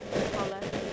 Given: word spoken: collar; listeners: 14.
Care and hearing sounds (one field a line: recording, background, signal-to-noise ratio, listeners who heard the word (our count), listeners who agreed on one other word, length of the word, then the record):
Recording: one English word in noise, from a listening test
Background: noise modulated by three-talker babble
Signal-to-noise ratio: -5.9 dB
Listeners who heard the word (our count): 5 of 14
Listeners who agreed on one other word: 6 of 14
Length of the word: 0.53 s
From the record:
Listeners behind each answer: 6, 5, 2, 1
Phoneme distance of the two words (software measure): 10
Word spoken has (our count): 2 syllables, 4 phonemes, stress on syllable 1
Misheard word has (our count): 2 syllables, 4 phonemes, stress on syllable 1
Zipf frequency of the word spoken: 3.98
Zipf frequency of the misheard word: 5.05